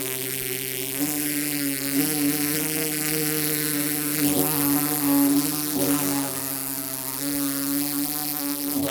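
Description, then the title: Bumblebee drone, a continuous buzzing hum with strong overtones, interrupted by occasional knocks. Bumblebee trapped inside a metal pole, struggling to get out; Paraje Huerta de Arriba, Blanca, Murcia, Spain; recorded with a Zoom H2. "Paraje Huerta de Arriba, 127, Blanca, Murcia, España - abejorro metálico"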